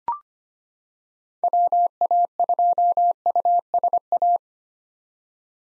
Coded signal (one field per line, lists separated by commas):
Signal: Morse code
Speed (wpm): 25 wpm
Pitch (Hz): 700 Hz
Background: none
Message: WA2USA